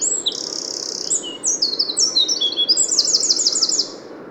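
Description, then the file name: Eurasian wren song: starts with a steady buzzy trill, then quick high chirps and a run of rapid descending notes before stopping. "Troglodytes troglodytes"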